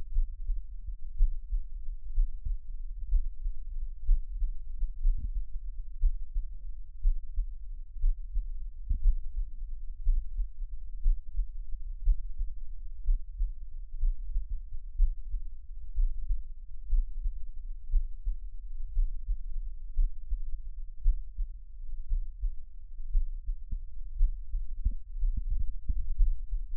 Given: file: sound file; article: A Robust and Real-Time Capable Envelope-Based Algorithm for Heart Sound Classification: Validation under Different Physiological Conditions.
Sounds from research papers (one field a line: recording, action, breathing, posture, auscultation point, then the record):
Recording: heart sounds by electronic stethoscope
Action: rest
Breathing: normal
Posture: lying on left side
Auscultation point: Erb’s point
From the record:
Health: healthy, no known heart disease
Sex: male